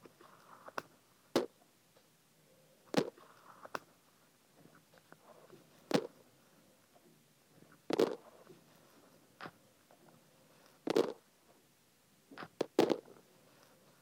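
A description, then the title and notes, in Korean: Sesame seeds are poured into an ear close-up, giving scattered crisp rustles and sharp crackles every second or two over a quiet, muffled hush. 귀에 참깨 넣는 소리.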